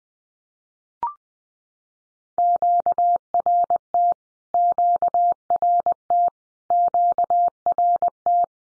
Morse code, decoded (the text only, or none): QRT QRT QRT